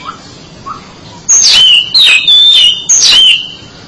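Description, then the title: Oriental magpie-robin whistling three loud, falling phrases in quick succession, with a couple of faint low notes beforehand. "Suara Kicauan Burung Kacer Durasi Panjang"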